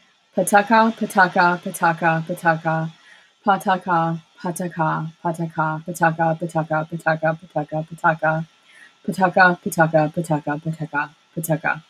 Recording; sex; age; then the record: repeated syllables /pa ta ka/; female; 30 to 39 years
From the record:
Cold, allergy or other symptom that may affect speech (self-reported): no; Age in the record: 33 years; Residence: Minnesota, United States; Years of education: 13